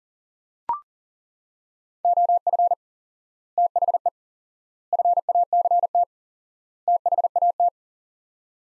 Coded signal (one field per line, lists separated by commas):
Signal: Morse code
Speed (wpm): 37 wpm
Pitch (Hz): 700 Hz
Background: none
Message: OF THE FACT THAT